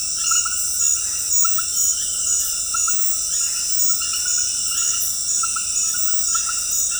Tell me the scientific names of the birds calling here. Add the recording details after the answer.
none. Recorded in dense forest near Puerto Asís, Putumayo, Colombia, on 21 February 2024 at 22:00. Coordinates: 0.484, -76.317. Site G6464